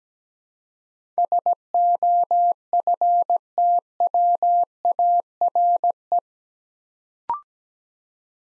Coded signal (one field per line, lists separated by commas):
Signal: Morse code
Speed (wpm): 17 wpm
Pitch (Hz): 700 Hz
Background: none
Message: SOFTWARE